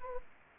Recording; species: mosquito wingbeat signal from an infrared sensor; Anopheles gambiae